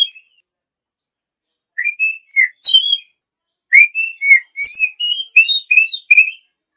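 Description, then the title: Oriental magpie-robin song: a brief note, a pause, then a fast, varied phrase of clear whistled notes. Champion songbird. "Kicau Burung Kacer Juara"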